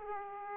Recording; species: mosquito wingbeat signal from an infrared sensor; Aedes aegypti